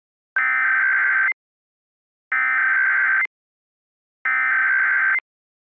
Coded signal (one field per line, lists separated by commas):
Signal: Emergency Alert System (SAME) tones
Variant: header bursts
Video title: Big Chungus - an EAS Scenario